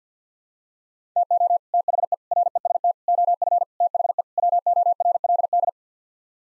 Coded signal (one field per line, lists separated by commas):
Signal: Morse code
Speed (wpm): 50 wpm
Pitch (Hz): 700 Hz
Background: none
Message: TO THE REST OF THE WORLD